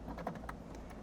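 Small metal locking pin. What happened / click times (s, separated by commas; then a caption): The locking pin snapped into place / 0.3 s, 0.5 s. A quick release pin is pushed into the housing of a Tesla Model Y car fridge to lock its top and bottom sections together. Two short, sharp clicks sound at 0.3 s and 0.5 s over a low, steady background. The pin is locked in place.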